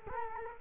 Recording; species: mosquito wingbeat signal from an infrared sensor; Culex quinquefasciatus